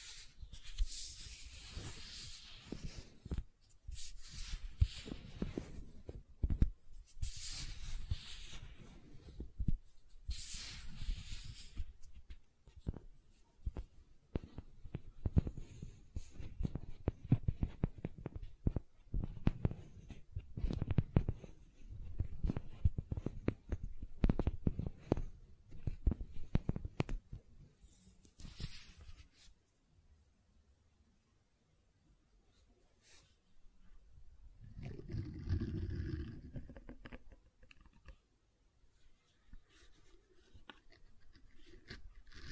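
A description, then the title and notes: Gentle silicone sounds: soft squishing, tapping and rubbing in dense, uneven bursts for the first half, with brighter scratchy swipes near 1, 7, 11 and 28 seconds. Activity thins after 29 seconds into near silence, broken by a low, muffled rumble around 35 seconds. ASMR Gentle Silicon Sounds for Sleep (No Talking).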